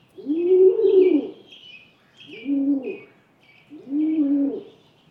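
Rock pigeon giving three deep, rolling coos, the first longest, each swelling then fading, while small birds twitter faintly above.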